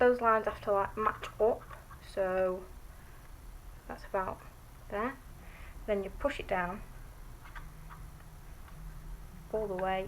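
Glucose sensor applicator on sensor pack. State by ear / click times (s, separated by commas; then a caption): not seated / none. Someone talks while a Freestyle Libre glucose sensor applicator is lined up on its sensor pack by matching the marks on each, then starts to be pushed down. Nothing has clicked or seated yet.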